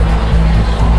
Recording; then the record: background sound without coughing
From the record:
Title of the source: Party Noise 1 Hour Party Ambience